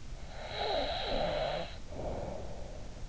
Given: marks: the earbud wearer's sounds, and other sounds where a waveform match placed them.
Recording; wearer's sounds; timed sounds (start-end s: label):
sounds in sleep by an in-ear microphone; snoring breath
0.42-3.03 s: snoring breath